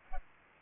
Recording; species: mosquito wingbeat signal from an infrared sensor; Culex pipiens